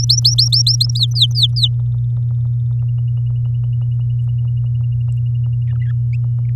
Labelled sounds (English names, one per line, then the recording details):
Domestic Canary song
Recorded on 6 May 2018 at 16:06
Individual llb16